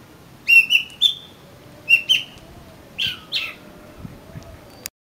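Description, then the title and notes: Oriental magpie-robin song: several short, sharp whistled notes, then two harsher buzzy notes, with pauses. Indonesian name kacer; a collection of kacer bird sounds. "suara kacer. kumpulan suara burung kacer"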